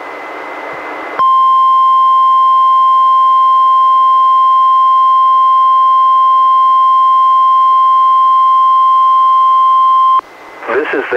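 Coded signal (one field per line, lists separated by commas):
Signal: Emergency Alert System (SAME) tones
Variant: 1050 Hz attention tone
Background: speech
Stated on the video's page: Weekly test from NWS Portland relayed by NOAA Weather Radio transmitter, recorded from a Reecom R-1630 weather radio via Zoom H1 recorder.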